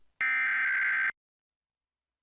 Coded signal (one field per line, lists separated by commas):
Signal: Emergency Alert System (SAME) tones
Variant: header bursts